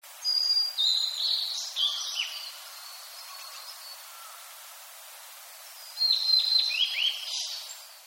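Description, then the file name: Blue-and-white flycatcher song: a high warbled phrase of whistled notes at the start, a quiet gap, then another bright twittering phrase near the end. "oruri"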